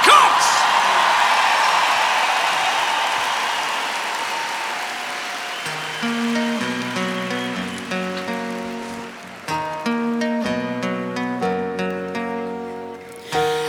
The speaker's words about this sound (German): Und bitte jetzt um einen riesigen Applaus für meine Schwester